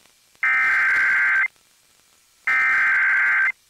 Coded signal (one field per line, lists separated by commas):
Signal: Emergency Alert System (SAME) tones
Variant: header bursts